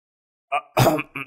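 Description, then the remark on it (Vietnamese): A light, brief cough made of a few quick bursts, the middle one strongest and breathiest, heard alone with no talking. “Kim Việt Thiền Sư ho nhẹ một tiếng”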